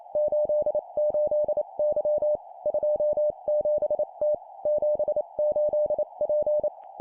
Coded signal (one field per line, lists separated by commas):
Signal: Morse code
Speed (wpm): 28 wpm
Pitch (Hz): 600 Hz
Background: none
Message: 88Y 27T 78P